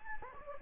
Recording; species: mosquito wingbeat signal from an infrared sensor; Anopheles gambiae